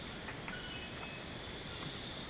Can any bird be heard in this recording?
no